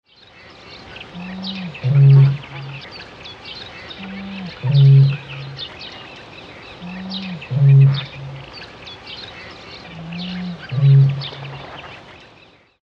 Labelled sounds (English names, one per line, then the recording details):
Great Bittern
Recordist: Tembrock, Günter
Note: Rufreihe